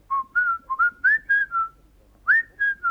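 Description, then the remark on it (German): A person whistles a short tune of about nine clear, brief notes, each sliding up slightly, with a brief pause before the last three. No one speaks. “Legt ein Buch auf den Schreibtisch und sagt, wenn sie das Buch ansieht, hört sie einen Pfiff.”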